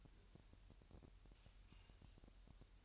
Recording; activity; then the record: daily activity, microphone in the room; take from stove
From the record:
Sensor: 2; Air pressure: 1001.8 hPa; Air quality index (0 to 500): 240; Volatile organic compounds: 31 ppm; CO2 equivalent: 2983 ppm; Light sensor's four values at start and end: 5/11/4/4 and 5/11/4/4